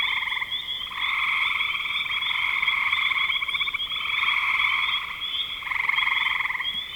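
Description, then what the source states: Frog chorus with overlapping trills that start and stop in long bouts of a few seconds, never fully silent. Spring 2025.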